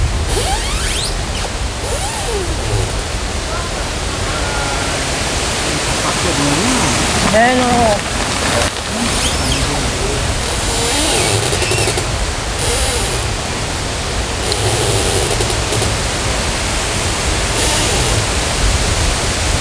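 Wind rushes steadily along the river, a dense hiss filling the whole twenty seconds with gusts swelling and easing. Brief creaks and squeaks from tree branches rise around the middle, near seven to eight seconds, and faint voices come and go underneath.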